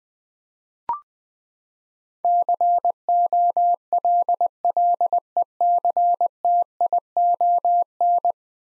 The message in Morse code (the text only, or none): COLLECTION